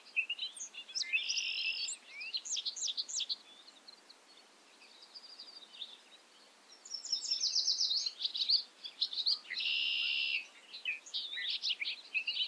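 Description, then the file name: Bobolink song: two bursts of rapid, tinkling, high notes mixed with buzzy bars, separated by a quiet gap of several seconds. Recorded at Ferme Beauchamp. "A bobolink talks to you from Ferme Beauchamp"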